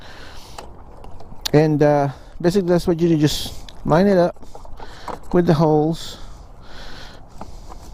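A plastic mirror cover for a 1994 Honda ST1100 Pan European motorcycle is handled and lined up with the three holes in the mirror housing, ready to be pushed in until its clips snap into place. Someone talks over soft handling taps and light scrapes. Nothing has seated or clicked yet.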